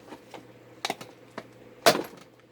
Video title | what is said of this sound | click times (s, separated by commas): How to keep SMC fans from catching fire. | Just hear them snap. | 0.9 s, 1.9 s